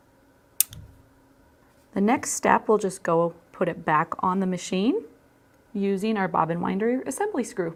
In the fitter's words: that it'll release and click into place